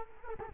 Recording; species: mosquito wingbeat signal from an infrared sensor; Culex quinquefasciatus